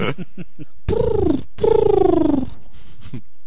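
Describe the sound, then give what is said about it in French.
A person's voice imitates a pigeon cooing: two drawn-out, throaty coos, the second longer, each gliding slightly downward in pitch, preceded by a few soft, quick clicking sounds. “Bah, ça fait pigeon quand même.”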